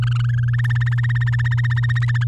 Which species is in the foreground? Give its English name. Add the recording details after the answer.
Domestic Canary. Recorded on 9 May 2018 at 12:53. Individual llb16